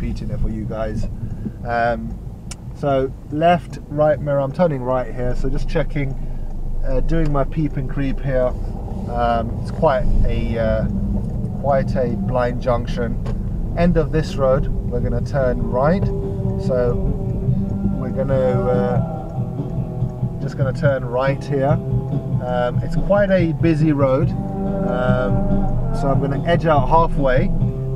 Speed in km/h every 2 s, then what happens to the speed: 3, 0, 3, 8, 16, 16, 16, 13, 6, 2, 0, 0, 2, 3.
1-3 standing. 3-9 pulls away to 16. 13-18 slows to 2. 18-24 standing.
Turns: none.